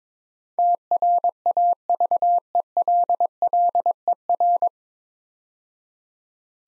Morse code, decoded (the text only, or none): TRAVELLER